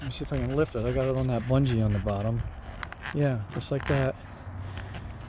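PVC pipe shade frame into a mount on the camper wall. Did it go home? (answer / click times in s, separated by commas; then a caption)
yes / 4.8 s. Someone talks while lifting the top of a homemade PVC pipe shade frame, held by a bungee at the bottom, and setting it back into its metal mount at the outside fridge vent area of a Nash camper, chosen over a flimsy plastic piece that might break. A short, sharp click at 4.8 s marks the frame seating in the mount.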